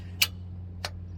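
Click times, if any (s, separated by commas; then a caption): 0.2 s, 0.8 s. A bird-proofing mesh clip is pushed up onto a solar panel frame until it snaps, then pulled back so it locks in. Two sharp clicks are heard at 0.2 s and 0.8 s over a steady low hum, and the clip is seated on the frame.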